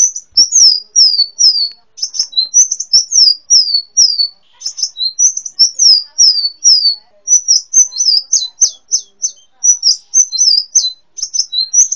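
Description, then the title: Sunbird chirping in high, sharp descending notes, repeated in fast runs with some rapid ticking stretches, nearly continuous throughout. "kicau kolibri"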